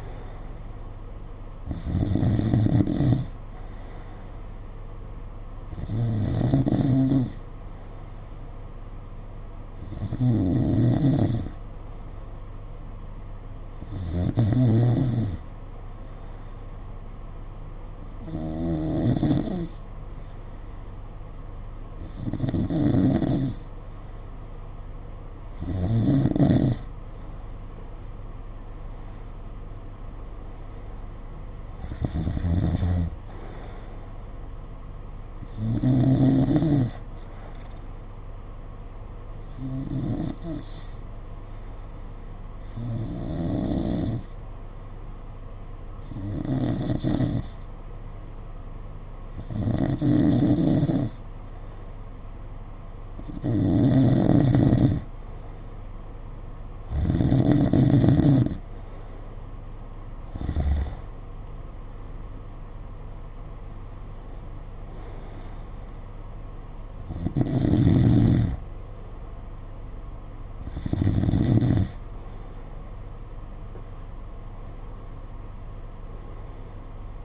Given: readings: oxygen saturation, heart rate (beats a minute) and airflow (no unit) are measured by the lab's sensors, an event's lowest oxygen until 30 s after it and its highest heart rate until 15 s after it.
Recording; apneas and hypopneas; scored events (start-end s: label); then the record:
breathing in sleep by a smartphone at the bedside; 2
14.00-29.30 s: hypopnea (N2, oxygen 92% highest, then 91% lowest, heart rate 53 at the start, 60 highest)
20.00-77.24 s: new sleep stage, N1 (lightest sleep)
40.00-60.90 s: hypopnea (N1, oxygen 92% highest, then 90% lowest, heart rate 52 at the start, 60 highest)
From the record:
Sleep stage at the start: N2 (light sleep); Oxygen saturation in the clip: 90 to 92%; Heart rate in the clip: 51 to 62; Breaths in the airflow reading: 21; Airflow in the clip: -7.3 to 6.7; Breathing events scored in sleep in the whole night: 476 in 9.7 hours asleep